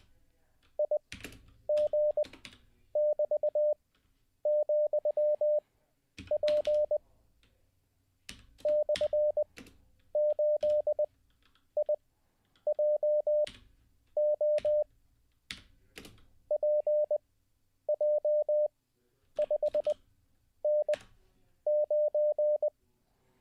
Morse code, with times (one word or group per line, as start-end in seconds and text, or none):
0.8-7.0 IG<BT>,P
8.7-14.8 /8IJO
16.5-22.7 PJ5N9